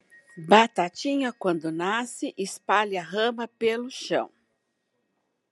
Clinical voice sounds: short text; Brazilian Portuguese; female; 60 to 69 years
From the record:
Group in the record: control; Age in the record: 64 years

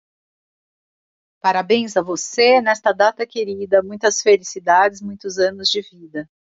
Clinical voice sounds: short text; Brazilian Portuguese; female; 50 to 59 years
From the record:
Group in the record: control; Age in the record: 52 years

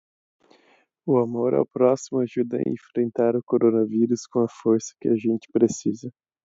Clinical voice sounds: spoken sentence; Brazilian Portuguese; male; 20 to 29 years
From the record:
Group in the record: control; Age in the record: 20 years

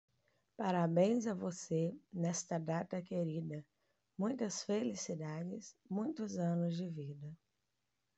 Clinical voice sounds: short text; Brazilian Portuguese; female; 30 to 39 years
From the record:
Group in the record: control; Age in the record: 37 years

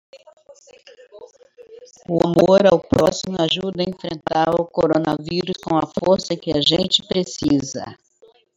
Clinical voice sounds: spoken sentence; Brazilian Portuguese; female; 60 to 69 years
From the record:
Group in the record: control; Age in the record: 68 years

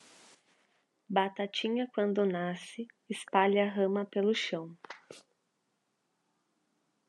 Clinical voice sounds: short text; Brazilian Portuguese; female; 20 to 29 years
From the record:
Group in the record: control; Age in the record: 26 years

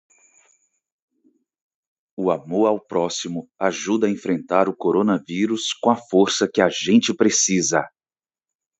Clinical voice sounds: spoken sentence; Brazilian Portuguese; male; 30 to 39 years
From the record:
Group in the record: control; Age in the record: 37 years

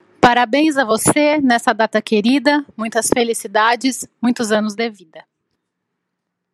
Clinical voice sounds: short text; Brazilian Portuguese; female; 30 to 39 years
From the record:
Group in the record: control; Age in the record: 39 years

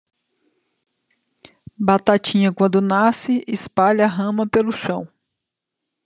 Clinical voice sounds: short text; Brazilian Portuguese; female; 40 to 49 years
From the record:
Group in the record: control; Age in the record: 49 years

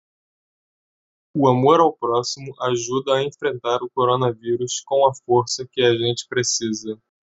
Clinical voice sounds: spoken sentence; Brazilian Portuguese; male; 20 to 29 years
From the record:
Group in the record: control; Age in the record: 20 years

